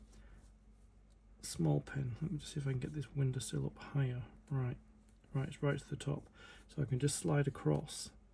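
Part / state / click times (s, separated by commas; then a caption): plastic model window into house wall frame / not seated / none. A small plastic window sill on a DeAgostini collectible Moomin house model is worked up to the top and the window is slid across toward its frame in the house wall, while someone talks throughout. The part has not seated or clicked into place yet by the end of the clip.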